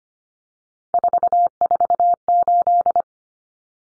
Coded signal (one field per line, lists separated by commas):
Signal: Morse code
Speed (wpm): 25 wpm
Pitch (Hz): 700 Hz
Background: none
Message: 448